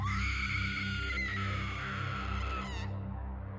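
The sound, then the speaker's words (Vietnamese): A long, sustained scream with a slightly wavering pitch rings out across cold rice fields for almost three seconds over a steady, pulsing low drone, then cuts off abruptly. “Tiếp sau đó là một tiếng hét dài vang lên, vang vọng cả một vùng đồng lúa quang lạnh.”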